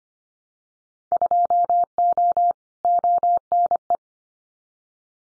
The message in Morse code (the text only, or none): 2O ONE